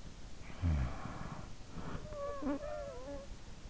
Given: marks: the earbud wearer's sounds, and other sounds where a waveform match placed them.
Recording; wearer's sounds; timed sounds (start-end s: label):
sounds in sleep by an in-ear microphone; snoring breath
0.20-3.38 s: snoring breath